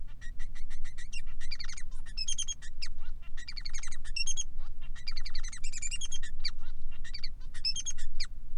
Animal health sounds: song of a male Bengalese finch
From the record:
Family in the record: son of father 3

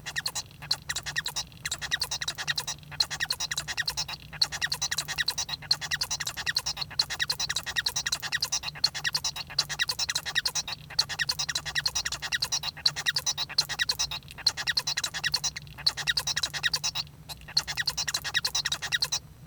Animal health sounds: song of a male Bengalese finch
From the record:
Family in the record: son of father 1

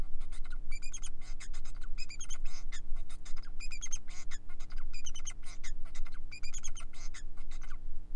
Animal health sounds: song of a male Bengalese finch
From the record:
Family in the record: son of father 4

